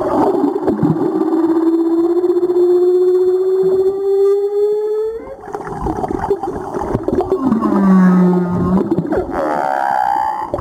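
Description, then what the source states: Humpback whale song: a long moaning tone rising slowly, then a warbling harmonic swoop and a low groaning note near the end. Recorded 2022-04-17.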